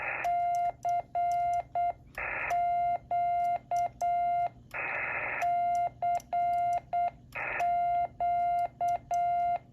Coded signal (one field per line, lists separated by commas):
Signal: Morse code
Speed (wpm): 8 wpm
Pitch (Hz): 700 Hz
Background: radio noise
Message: CQ CQ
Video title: Don’t sell your radio! Let’s get you on the air!!!